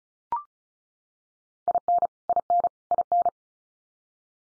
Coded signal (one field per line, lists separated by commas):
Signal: Morse code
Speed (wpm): 34 wpm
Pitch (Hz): 700 Hz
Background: none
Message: IN IN IN